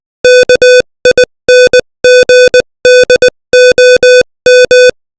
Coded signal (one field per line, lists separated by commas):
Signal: Morse code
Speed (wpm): 20 wpm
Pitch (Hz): 500 Hz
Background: none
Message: KINGDOM